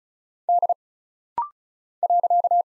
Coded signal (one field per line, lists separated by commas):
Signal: Morse code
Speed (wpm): 36 wpm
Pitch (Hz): 700 Hz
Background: none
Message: D .